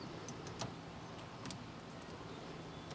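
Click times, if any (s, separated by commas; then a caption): none. Someone tries to close a second plastic wire-tap connector onto a speaker wire while installing a subwoofer box and mono amplifier in a 2014–2016 Toyota Tundra CrewMax. Over a steady low hum, only a couple of faint ticks are heard. The attempt misses, and the connector has not clicked closed yet.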